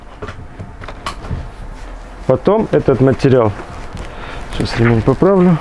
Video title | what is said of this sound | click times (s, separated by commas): Подробный обзор Heyner MultiProtect AERO | и защелкивается потом | 1.1 s